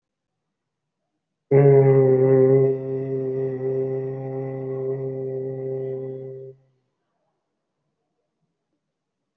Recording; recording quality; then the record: sustained vowel as in made; excellent, no background noise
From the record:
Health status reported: COVID-19 positive, mild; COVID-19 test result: positive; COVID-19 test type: rapid antigen test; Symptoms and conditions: fever, fatigue, muscle pain, asthma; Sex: male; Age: 30 years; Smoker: no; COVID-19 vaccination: both doses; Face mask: worn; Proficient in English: no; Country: India